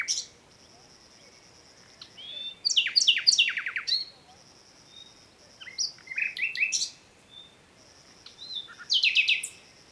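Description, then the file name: Common nightingale song: varied phrases of rapid repeated notes and sweeping whistles, separated by short pauses. "Luscinia megarhynchos"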